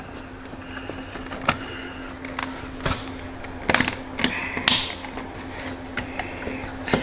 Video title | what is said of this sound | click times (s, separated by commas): Ciro 3D LED Lighted License Plate Frame Install | just going to pull it down until you hear click like that and then it's installed and | 4.7 s